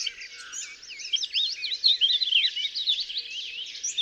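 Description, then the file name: Eurasian blackcap singing a rapid, continuous warble of twisting, rising and falling notes. "Sylvia atricapilla"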